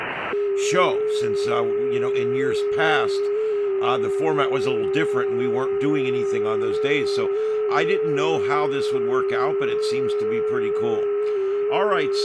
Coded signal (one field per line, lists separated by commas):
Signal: FT8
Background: speech